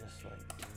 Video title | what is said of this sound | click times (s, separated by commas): How Do I Put This Together? SurRon X Black Edition Unboxing and Assembly. Tips and Tricks. | like this boom clips in | 0.5 s